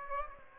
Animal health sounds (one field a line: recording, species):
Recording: mosquito wingbeat signal from an infrared sensor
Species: Aedes aegypti